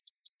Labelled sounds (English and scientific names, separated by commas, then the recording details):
Yellowhammer (Emberiza citrinella) song
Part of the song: start
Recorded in the Czech Republic on 26 June 2014
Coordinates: 49.872, 13.879
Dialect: XlB
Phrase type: B39
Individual h020